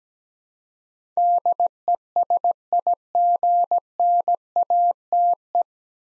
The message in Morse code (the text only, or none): DESIGNATE